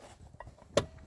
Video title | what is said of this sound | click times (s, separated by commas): Vespa Gts300 2023 REVIEW #vespa #gts300 #supersport #motovlog #review #latvia | you'll hear the seat clicking and the seat is now open | 0.4 s, 0.8 s